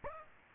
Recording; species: mosquito wingbeat signal from an infrared sensor; Aedes aegypti